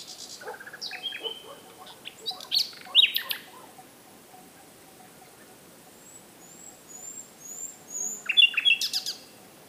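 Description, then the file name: Common nightingale song: bursts of varied phrases with sharp whistles and rapid trills, a quiet gap, then a second loud phrase; faint high thin notes between phrases. "Luscinia megarhynchos"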